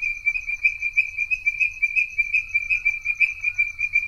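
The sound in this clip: Tree frog giving a high, ringing series of quick pulses that runs without a break, rising and falling slightly in loudness, over faint low background noise.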